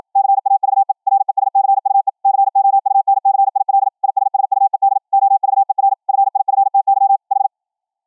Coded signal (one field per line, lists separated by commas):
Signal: Morse code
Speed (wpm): 53 wpm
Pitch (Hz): 790 Hz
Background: none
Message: CAVE RESCUE COUNCIL ISSUED OVER FIFTY H